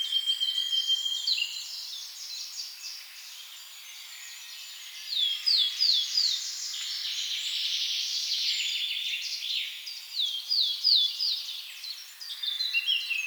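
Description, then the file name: Eurasian blackcap song: repeated phrases of scratchy warbling, some ending in loud, clear, descending whistles. "Sylvia atricapilla"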